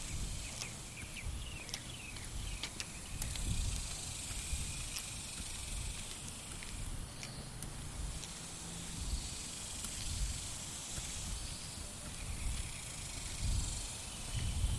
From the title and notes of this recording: The sounds of my daily lunchtime walk around the neighborhood.